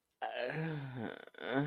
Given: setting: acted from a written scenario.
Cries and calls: vocal sound without words; ecstasy

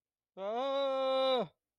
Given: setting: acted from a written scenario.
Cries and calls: vocal sound without words; fear

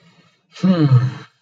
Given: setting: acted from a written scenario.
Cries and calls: vocal sound without words; anger

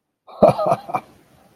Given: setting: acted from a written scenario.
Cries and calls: vocal sound without words; amusement

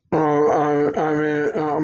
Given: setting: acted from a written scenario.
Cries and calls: vocal sound without words; shame

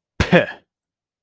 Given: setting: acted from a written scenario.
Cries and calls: vocal sound without words; contempt

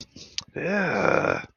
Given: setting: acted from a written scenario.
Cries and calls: vocal sound without words; disgust

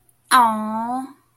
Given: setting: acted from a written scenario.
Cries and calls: vocal sound without words; adoration

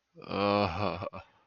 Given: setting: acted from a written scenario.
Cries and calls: vocal sound without words; romantic love

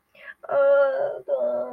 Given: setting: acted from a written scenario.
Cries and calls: vocal sound without words; pain

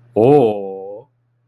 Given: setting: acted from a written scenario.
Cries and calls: vocal sound without words; awe

